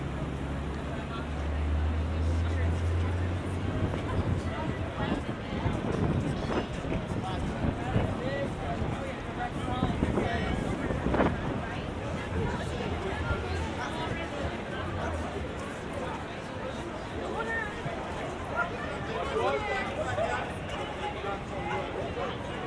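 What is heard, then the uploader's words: A walk through busy city streets, with a constant wash of traffic and crowd noise. Voices pass by and overlap, footsteps and short knocks pop up throughout, and a low rumble of vehicles stays underneath the whole time. A twenty-five minute binaural recording of a walk from Grand Central Terminal to Times Square. A walk from Grand Central to Times Square.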